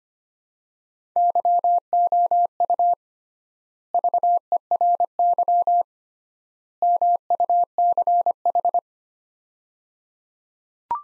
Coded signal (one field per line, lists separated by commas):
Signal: Morse code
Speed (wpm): 25 wpm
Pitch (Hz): 700 Hz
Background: none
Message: YOU VERY MUCH